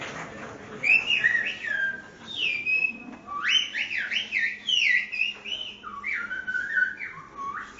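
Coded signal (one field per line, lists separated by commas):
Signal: whistled language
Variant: Silbo Gomero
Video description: In this restaurant situated in Agulo, you can se a demonstartion of the Old Whistling Language of La Gomera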